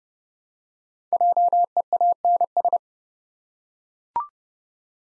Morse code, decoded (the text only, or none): JEANS